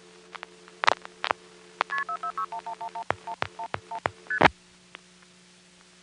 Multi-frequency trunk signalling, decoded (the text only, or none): KP4461111111 ST